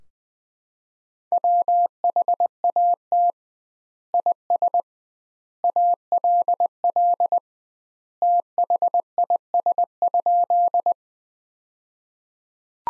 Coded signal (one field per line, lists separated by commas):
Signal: Morse code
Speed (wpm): 20 wpm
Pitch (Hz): 700 Hz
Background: none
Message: WHAT IS ALL THIS?